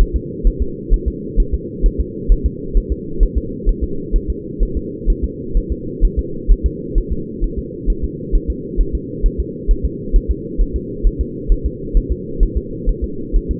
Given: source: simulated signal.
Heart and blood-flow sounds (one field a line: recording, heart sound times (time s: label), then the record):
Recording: fetal heart sounds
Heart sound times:
0.01 s: S1
0.16 s: S2
0.47 s: S1
0.62 s: S2
0.94 s: S1
1.08 s: S2
1.40 s: S1
1.54 s: S2
1.86 s: S1
2.00 s: S2
2.32 s: S1
2.46 s: S2
2.77 s: S1
2.92 s: S2
3.23 s: S1
3.38 s: S2
3.69 s: S1
3.84 s: S2
4.16 s: S1
4.30 s: S2
4.63 s: S1
4.77 s: S2
5.10 s: S1
5.24 s: S2
5.57 s: S1
5.72 s: S2
6.05 s: S1
6.19 s: S2
6.51 s: S1
6.66 s: S2
6.98 s: S1
7.12 s: S2
7.44 s: S1
7.59 s: S2
7.90 s: S1
8.04 s: S2
8.35 s: S1
8.50 s: S2
8.81 s: S1
8.95 s: S2
9.26 s: S1
9.40 s: S2
9.71 s: S1
9.85 s: S2
10.16 s: S1
10.31 s: S2
10.61 s: S1
10.76 s: S2
11.07 s: S1
11.21 s: S2
11.52 s: S1
11.66 s: S2
11.97 s: S1
12.12 s: S2
12.43 s: S1
12.57 s: S2
12.89 s: S1
13.04 s: S2
13.36 s: S1
13.51 s: S2
From the record:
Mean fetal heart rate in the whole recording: 130 bpm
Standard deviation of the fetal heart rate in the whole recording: 2 bpm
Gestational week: 38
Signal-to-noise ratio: -4.3 dB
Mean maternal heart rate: 72 bpm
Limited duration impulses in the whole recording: absent